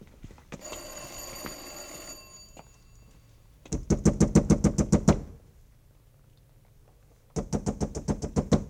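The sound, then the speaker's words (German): Police knock on the door of a house in two loud bursts of rapid, evenly paced knocking, each about eight to ten heavy raps, separated by a short pause, after a stretch of faint hissing noise. No voices. “Öffnen Sie die Tür, Cox.”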